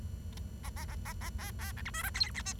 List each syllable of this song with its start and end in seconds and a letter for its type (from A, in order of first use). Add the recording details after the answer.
0.63-0.69 A, 0.76-0.85 A, 0.88-0.95 A, 1.05-1.13 A, 1.21-1.29 A, 1.39-1.51 B, 1.59-1.72 B, 1.77-1.82 C, 1.85-1.90 D, 1.94-2.03 E, 2.03-2.10 F, 2.14-2.31 G, 2.35-2.42 H, 2.45-2.53 I. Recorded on 23 June 2012 at 08:56. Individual gr41rd51